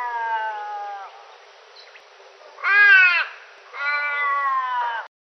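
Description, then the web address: Australian raven giving three drawn-out, wailing caws, the middle one loudest. Recorded in a Canberra garden, Australia. "australian Raven. canberra-garden-birds ravens"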